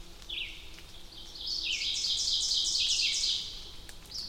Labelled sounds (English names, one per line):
Ovenbird song